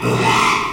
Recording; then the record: squeal of a Yucatan mini pig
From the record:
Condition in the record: after surgery on the right vocal fold (resection and tissue-engineered implant); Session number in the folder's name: 1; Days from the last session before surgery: 6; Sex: male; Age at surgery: 12 weeks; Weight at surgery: 13 kg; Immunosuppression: cyclosporine, prednisolone